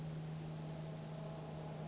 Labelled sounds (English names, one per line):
Brown Creeper